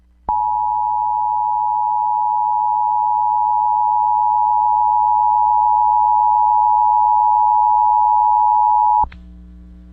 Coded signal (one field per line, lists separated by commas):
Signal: Emergency Alert System (SAME) tones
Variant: 853 and 960 Hz attention tone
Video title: After Work Storms... EAS Alerts from April 15, 2021 (EAS #989-999)